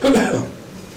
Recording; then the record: coughing mixed with background sound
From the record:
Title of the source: Residual Phlegmy Morning Coughing and Gagging